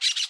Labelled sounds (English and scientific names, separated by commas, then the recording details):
Brown-throated Parakeet (Eupsittula pertinax) contact call
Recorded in Aruba
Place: hill w/tanki N of Savaneta
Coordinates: 12.461, -69.944